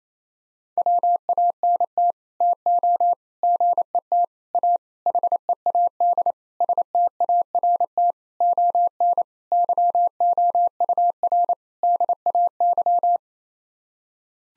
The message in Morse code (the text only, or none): WANT TO GET A HEAD START ON YOUR DAY